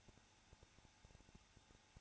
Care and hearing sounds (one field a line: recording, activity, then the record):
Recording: daily activity, microphone in the room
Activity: no activity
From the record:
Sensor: 2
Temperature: 21.0 degrees Celsius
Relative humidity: 34.2%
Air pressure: 994.4 hPa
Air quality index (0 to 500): 171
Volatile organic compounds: 3 ppm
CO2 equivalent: 1328 ppm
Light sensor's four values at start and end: 2/3/2/2 and 2/3/2/2